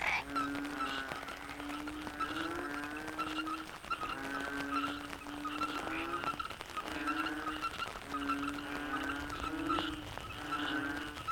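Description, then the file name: Chorus of frogs, repeated low tonal notes with bursts of stacked harmonic calls. Frogs in the Cherating wetlands, Malaysia; a wetland soundscape. "yamaha frogs cherating wetlands"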